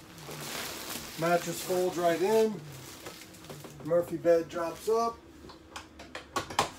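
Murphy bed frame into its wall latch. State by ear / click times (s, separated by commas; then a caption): seated / 6.6 s. A murphy bed frame in a 2021 Grand Design Imagine 17MKE XLS travel trailer is raised upright against the wall while someone talks. A few light knocks follow as the talking stops, then the frame locks into its wall latch with a sharp knock at 6.6 s.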